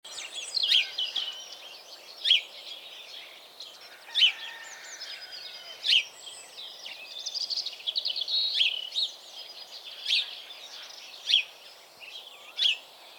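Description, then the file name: House sparrow chirp calls, loud sharp chirps repeated at intervals over steady chattering. "Passer domesticus"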